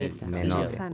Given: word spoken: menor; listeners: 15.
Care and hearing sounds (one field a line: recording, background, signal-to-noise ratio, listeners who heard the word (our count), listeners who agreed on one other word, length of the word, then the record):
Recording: one Spanish word in noise, from a listening test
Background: four-talker babble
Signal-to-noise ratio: 0.7 dB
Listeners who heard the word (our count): 3 of 15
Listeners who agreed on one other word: 8 of 15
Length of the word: 0.54 s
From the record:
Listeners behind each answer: 8, 3, 1, 1, 1, 1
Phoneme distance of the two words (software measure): 20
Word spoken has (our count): 2 syllables, 5 phonemes, stress on syllable 2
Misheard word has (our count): 2 syllables, 5 phonemes, stress on syllable 2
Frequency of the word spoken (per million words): 158.24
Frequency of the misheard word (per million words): 3.40